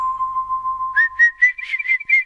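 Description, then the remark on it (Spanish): Someone whistles an imitation of many little birds chirping in a forest, as a special effect for a story: a steady held tone, then a quick series of about seven bright, warbling high notes, fairly loud, with no talking. “El valiente joven se metió dentro de un bosque en el cual había muchos pajaritos.”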